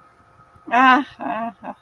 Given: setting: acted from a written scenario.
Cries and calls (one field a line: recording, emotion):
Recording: vocal sound without words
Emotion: amusement